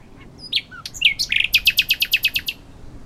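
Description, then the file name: Common nightingale phrase opening with scattered sharp notes, then breaking into a fast, steady string of many repeated clicking notes. "Luscinia megarhynchos"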